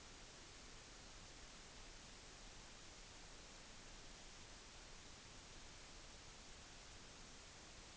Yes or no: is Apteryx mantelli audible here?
no